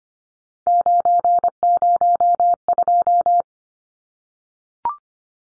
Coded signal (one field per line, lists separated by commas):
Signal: Morse code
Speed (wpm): 25 wpm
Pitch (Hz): 700 Hz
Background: none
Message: 902